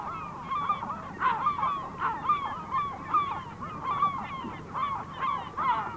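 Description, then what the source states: Herring Gull calls, repeated harsh yelping cries roughly once or twice a second. Field recording, Sweden.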